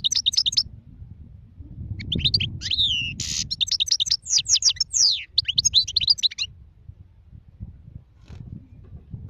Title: اجمل غناءالحسون الخلويchant chardonneret sauvage